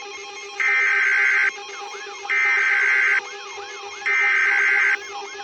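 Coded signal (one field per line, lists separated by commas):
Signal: Emergency Alert System (SAME) tones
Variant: header bursts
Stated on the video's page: Fictional EAS scenario.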